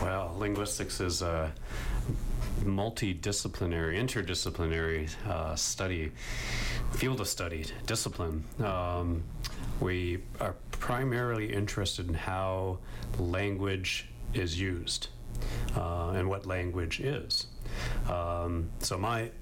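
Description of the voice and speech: Adult male speaker. Fluent speech; he does not stutter.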